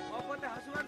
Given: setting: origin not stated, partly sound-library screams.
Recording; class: one-second piece from a danger detection set; normal situation